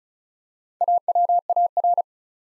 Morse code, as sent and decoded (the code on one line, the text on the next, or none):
.- .-- .- .-.
AWAR